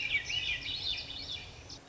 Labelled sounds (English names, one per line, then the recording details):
Swainson's Thrush
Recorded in Sonoma County, California